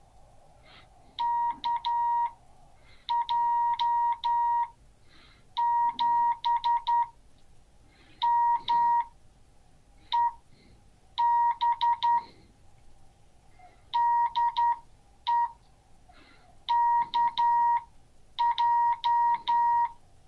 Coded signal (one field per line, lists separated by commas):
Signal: Morse code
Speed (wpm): 10 wpm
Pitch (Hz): 950 Hz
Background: none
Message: KJ7MEB DE KJ